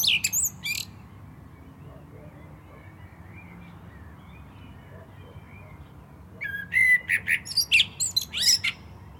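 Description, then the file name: Common blackbird song: a high squeaky ending, a long stretch of near quiet, then a phrase of mellow whistles mixed with thin, high chattering notes. "Turdus merula"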